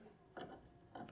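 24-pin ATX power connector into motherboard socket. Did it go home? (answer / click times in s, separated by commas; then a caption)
no / none. A 24-pin ATX power cable, aligned by its clip, is pushed into the motherboard socket. Two short bursts of plastic rubbing and scraping are heard around 0.4 s and 1.0 s. The connector goes in without any audible click, so nothing has clicked or seated yet.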